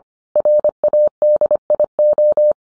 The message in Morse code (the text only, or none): RADIO